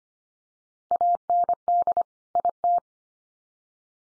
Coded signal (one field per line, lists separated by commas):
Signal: Morse code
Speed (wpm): 24 wpm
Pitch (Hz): 700 Hz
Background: none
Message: AND IT